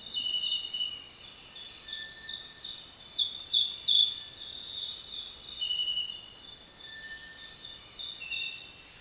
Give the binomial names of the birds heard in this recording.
Crypturellus cinereus